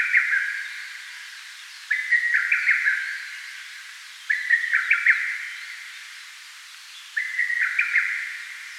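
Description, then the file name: Lesser cuckoo giving a stuttering whistled phrase of quick accented notes, heard four times a few seconds apart, with soft hiss behind. Recorded 25 May 2019 at 09:06. "Cuculus poliocephalus"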